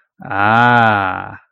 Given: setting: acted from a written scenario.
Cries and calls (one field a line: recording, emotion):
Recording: vocal sound without words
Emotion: realization